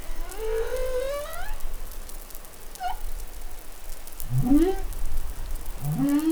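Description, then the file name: Humpback whale song: a long rising moan with rich overtones, a short high chirp, then upsweeping whoops from low to mid pitch, over crackly underwater hiss. Recorded in New Caledonia, Pacific, on 20 July 2013. "Baleinea Bosse Nouvelle Caledonie Glotin"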